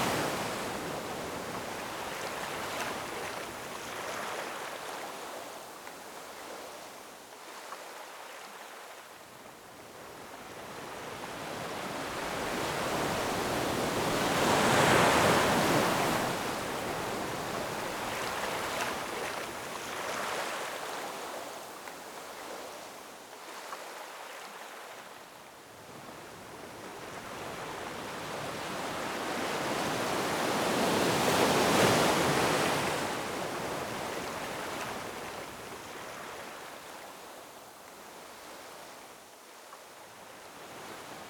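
Gentle ocean surf rolls in with a steady, hissing wash of water. Two larger waves swell and break around the 15- and 32-second marks, each rising slowly and fading back into a softer background rush, with quieter lulls between them.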